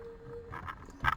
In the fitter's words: and it goes in there with a nice click